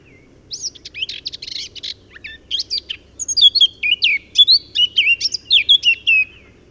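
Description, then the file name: Eurasian blackcap song, a quick scratchy warble that swells into a loud run of clear, slurred flute-like whistles, each note dropping in pitch. "Sylvia atricapilla"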